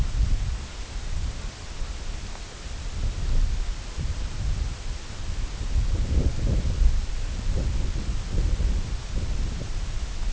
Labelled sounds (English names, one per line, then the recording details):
none
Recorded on Arctic tundra, site IGLO-D, on 19 June 2018
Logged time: 14:00